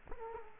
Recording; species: mosquito wingbeat signal from an infrared sensor; Culex quinquefasciatus